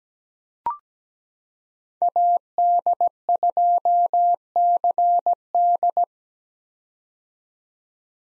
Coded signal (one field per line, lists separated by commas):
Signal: Morse code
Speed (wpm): 17 wpm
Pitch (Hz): 700 Hz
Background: none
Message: AD2CD